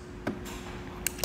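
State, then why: Torque reached. The tension knob on a Yakima RidgeLine roof rack tower is turned to clamp it onto the flush rail of a 2021 GMC Acadia, with a steady low hum underneath. Sharp clicks come at 0.3, 1.1 and 1.2 seconds as the knob reaches its set tightness, confirming the tower is clamped tight.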